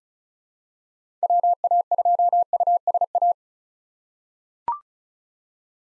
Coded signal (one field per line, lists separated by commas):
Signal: Morse code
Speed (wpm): 36 wpm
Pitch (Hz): 700 Hz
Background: none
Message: WA2USA